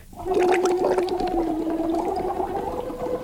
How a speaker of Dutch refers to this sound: En wat we dus ook doen is bubbelen op een liedje.